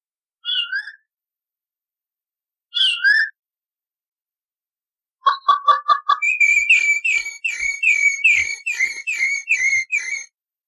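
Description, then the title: Rufous-bellied Thrush song: two short whistled notes, then a burst of clipped lower notes, followed by a fast run of repeated bright, slurred whistles. Species of family Turdidae; representing Brazil as its national bird since 2002. "Sabiá-Laranjeira Canto"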